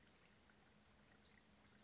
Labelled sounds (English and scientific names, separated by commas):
Western Flycatcher (Empidonax difficilis)